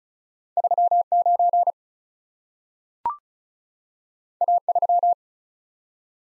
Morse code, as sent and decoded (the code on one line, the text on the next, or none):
...-- / ----. / .- / ...--
3 9 A 3